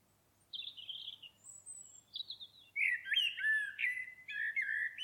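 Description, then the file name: Common blackbird song opening with thin, high squeaky notes and building into a loud, continuous, rich warbling run with scratchy overtones. "Turdus merula"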